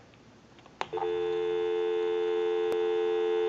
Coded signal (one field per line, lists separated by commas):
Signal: telephone call progress tone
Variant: North America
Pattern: dial tone